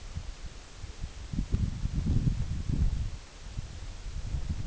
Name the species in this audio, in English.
none